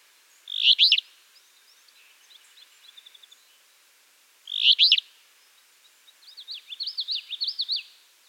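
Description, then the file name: Alder flycatcher delivering two harsh, buzzy two-part phrases, interleaved with a soft ticking series and a fast jerky trill. "Empidonax alnorum - Alder Flycatcher"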